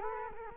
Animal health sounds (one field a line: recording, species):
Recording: mosquito wingbeat signal from an infrared sensor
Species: Culex quinquefasciatus